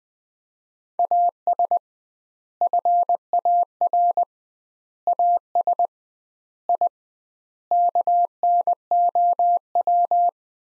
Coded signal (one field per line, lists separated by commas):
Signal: Morse code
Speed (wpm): 20 wpm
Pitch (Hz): 700 Hz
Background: none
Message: AS FAR AS I KNOW